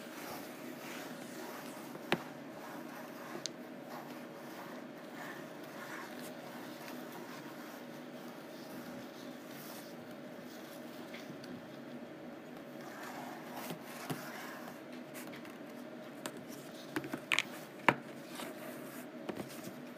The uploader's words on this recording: ASMR Rough Canvass: Scratching and Tapping.